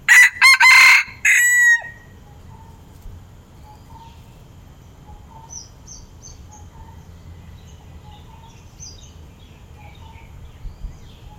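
Red junglefowl giving one brief, strident, stuttering crow at the start, followed by a long quiet stretch with scattered faint high chirps of small birds.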